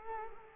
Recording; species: mosquito wingbeat signal from an infrared sensor; Culex quinquefasciatus